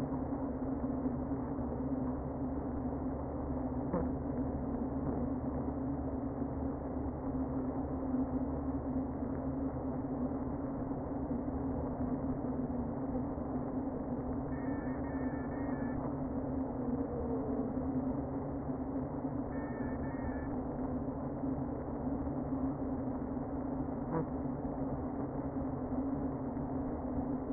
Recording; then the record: honeybee colony, microphone inside the hive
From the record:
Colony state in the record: queen present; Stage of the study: before two queens were removed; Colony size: about 60,000 bees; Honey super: yes